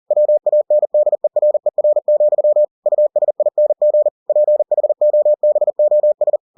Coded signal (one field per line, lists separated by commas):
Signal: Morse code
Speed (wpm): 40 wpm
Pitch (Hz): 600 Hz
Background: none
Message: WANDERER, USING PHOBOS